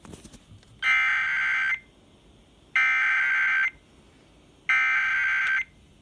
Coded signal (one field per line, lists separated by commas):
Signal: Emergency Alert System (SAME) tones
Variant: header bursts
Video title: EAS TORNADO WARNING YORK, PA EAS#145-148